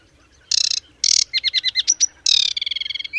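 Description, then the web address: Aquatic warbler song: two grating rattles, then a quick series of clear downslurred whistles, ending with another harsh rattle and a fast chattering trill. "Ptaki Wodniczka"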